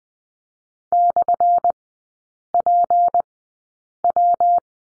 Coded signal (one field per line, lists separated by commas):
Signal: Morse code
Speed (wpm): 20 wpm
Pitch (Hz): 700 Hz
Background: none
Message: /PW